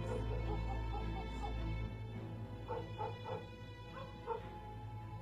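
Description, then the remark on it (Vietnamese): Dogs in a village at midnight bark and yelp on and off, short high yips coming in scattered bursts over a low steady hum, fairly faint and irregular. “Đâu đó chỉ còn có tiếng chó cắn ma nhấm nha nhấm nhẳng vang lên.”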